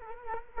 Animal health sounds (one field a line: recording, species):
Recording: mosquito wingbeat signal from an infrared sensor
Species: Culex quinquefasciatus